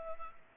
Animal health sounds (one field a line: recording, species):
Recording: mosquito wingbeat signal from an infrared sensor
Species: Culex pipiens